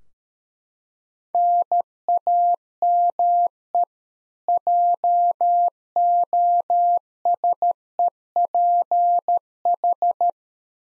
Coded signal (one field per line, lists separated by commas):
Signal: Morse code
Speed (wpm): 13 wpm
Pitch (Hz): 700 Hz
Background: none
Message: NAME JOSEPH